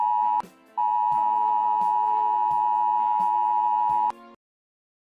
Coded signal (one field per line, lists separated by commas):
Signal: Emergency Alert System (SAME) tones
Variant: 853 and 960 Hz attention tone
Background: music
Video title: EAS Scenario - Anarchy In Britain